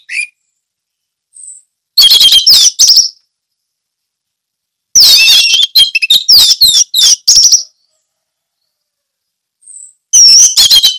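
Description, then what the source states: Orange-headed thrush song: several loud, rapid bursts of mixed whistles and chirps, a few seconds apart, with a thin high note in the gaps. Song in the ngeplong style.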